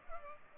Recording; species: mosquito wingbeat signal from an infrared sensor; Culex pipiens